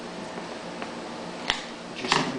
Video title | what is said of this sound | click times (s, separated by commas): Yamaha EF6300is Extended run time fuel kit | press in on and they snap into place | 1.5 s, 2.1 s